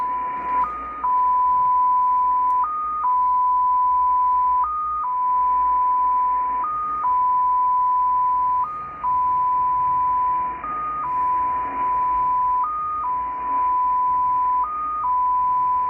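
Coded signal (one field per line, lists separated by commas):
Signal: numbers station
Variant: XPA2 polytone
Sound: steady mid-pitch tone with a short higher blip about every two seconds, eight times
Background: radio static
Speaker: so not a lot of info once again uh this is short I've heard much longer messages so it seems that today there's nothing for the spies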